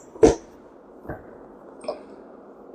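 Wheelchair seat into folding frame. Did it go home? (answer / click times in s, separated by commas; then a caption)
no / none. A commode wheelchair seat is positioned on the unfolded folding frame, and a few knocks and handling noises are heard at about 0.2, 1.1 and 1.9 seconds against a steady low background hum. The seat has not yet been pushed down and locked onto the frame; nothing has seated or clicked yet.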